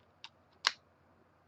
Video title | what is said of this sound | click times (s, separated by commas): Visconti Van Gogh Review | It just snaps in place, the cap, which I enjoy. | 0.7 s